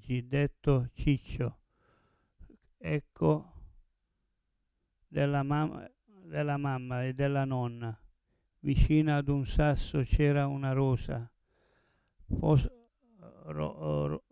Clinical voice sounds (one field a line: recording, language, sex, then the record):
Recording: read passage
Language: Italian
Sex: male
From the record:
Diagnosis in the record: Parkinson's disease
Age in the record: 70 years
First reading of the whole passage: 112 s, 4.6 characters per second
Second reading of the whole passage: 107 s, 4.9 characters per second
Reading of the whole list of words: 68 s, 4.1 characters per second